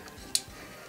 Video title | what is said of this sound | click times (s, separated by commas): T2RX6: Reviews Fansproject WB-003 Assaulter (aka Broadside) | and out. You can hear that little click. | 0.3 s